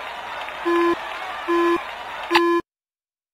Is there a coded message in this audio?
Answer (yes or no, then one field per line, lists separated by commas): no